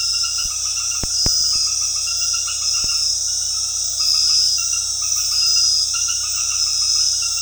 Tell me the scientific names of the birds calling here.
none